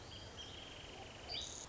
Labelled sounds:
Wrentit

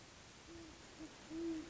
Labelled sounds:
Great Horned Owl

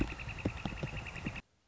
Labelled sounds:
Northern Flicker

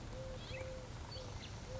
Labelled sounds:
Eurasian Collared Dove

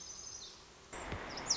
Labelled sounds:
Lazuli Bunting

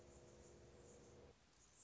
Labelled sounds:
Anna's Hummingbird

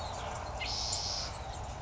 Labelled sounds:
Spotted Towhee

